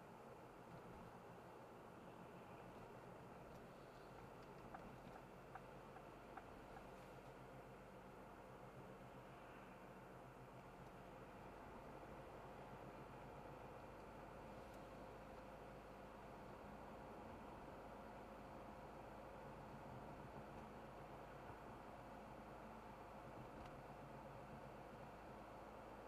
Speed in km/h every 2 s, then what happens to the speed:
0, 0, 0, 0, 0, 0, 0, 0, 0, 0, 0, 0, 0.
0-26 standing.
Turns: none.